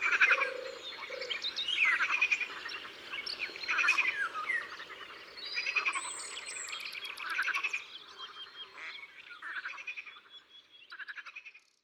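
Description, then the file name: Eurasian golden oriole song, short fluted whistled phrases roughly every two seconds, among a busy chorus of other chirping birds and higher trilling notes. Recorded in the Drôme, France. "Loriot-d Europe-Concerts-Naturels-de-la-Drôme-Studio-les-Trois-Becs"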